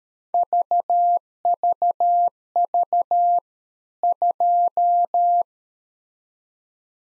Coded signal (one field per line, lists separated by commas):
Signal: Morse code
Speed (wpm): 13 wpm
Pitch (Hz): 700 Hz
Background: none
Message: VVV 2